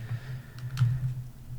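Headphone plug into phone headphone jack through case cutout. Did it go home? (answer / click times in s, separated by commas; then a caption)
no / none. A 3.5 mm headphone plug is pushed into the headphone jack of an LG V20 phone through the cutout of a slim TPU case, with faint tapping and small ticks at about 0.6, 0.7 and 0.8 seconds over a low steady hum. The case edge stops the plug, so it goes in only barely and moves the plastic. Nothing has clicked into place yet.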